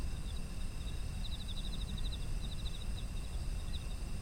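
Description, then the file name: High insect chirps in quick, uneven pulses over a constant shrill hum and heavy low background rumble. Autumn insect ambience. "秋の虫の環境音"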